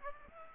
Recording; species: mosquito wingbeat signal from an infrared sensor; Aedes aegypti